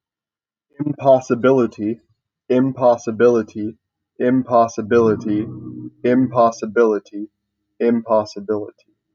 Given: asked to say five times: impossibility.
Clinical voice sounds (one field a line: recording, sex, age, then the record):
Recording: repeated word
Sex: male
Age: 20 to 29 years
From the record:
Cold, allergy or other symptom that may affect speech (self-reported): no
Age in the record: 21 years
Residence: United States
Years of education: 16